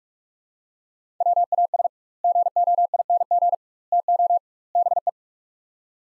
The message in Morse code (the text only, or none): WAS GOING TO BE